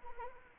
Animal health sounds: mosquito wingbeat signal from an infrared sensor; Anopheles arabiensis

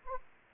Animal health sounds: mosquito wingbeat signal from an infrared sensor; Anopheles arabiensis

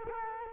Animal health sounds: mosquito wingbeat signal from an infrared sensor; Culex quinquefasciatus

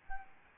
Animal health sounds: mosquito wingbeat signal from an infrared sensor; Aedes albopictus

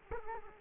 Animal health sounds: mosquito wingbeat signal from an infrared sensor; Culex quinquefasciatus

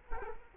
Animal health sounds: mosquito wingbeat signal from an infrared sensor; Culex quinquefasciatus

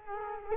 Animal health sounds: mosquito wingbeat signal from an infrared sensor; Culex quinquefasciatus

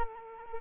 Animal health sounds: mosquito wingbeat signal from an infrared sensor; Culex quinquefasciatus

